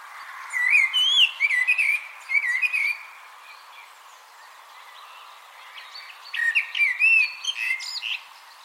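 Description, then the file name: Eurasian blackbird singing a rich, warbled fluting phrase with scratchy high flourishes, then a pause before a second, similar phrase. "Turdus merula"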